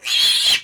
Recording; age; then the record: pig call; piglet (1 to 25 days)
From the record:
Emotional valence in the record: negative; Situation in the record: castration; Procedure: castration, cut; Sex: male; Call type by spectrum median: high-frequency call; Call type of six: high-frequency modulated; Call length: 0.64 s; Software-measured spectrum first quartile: 3167 Hz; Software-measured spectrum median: 3745 Hz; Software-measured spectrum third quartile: 4831 Hz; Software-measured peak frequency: 3267 Hz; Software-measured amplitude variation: 136 dB a second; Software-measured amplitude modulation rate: 21.2 a second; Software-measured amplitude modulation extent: 6.4 dB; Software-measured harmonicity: 3.4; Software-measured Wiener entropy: -2.38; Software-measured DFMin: 856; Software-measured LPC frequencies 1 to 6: 1103, 1973, 2718, 3295, 4155, 6727 Hz